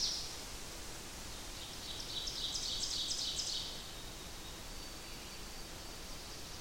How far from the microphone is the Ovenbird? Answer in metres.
about 55 m